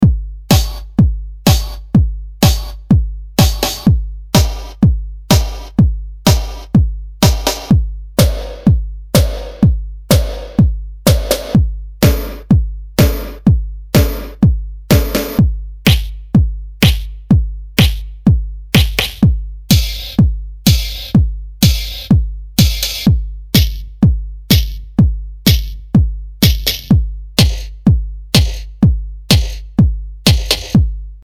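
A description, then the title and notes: A run of impact snare hits, struck one after another at a steady, even pace of roughly two per second for the whole stretch. Each hit is sharp and bright with a quick decay, and a low, constant hum sits underneath throughout. Impact Snares - Jungle Trash by Cluster Sound Official.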